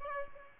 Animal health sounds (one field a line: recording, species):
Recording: mosquito wingbeat signal from an infrared sensor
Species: Aedes aegypti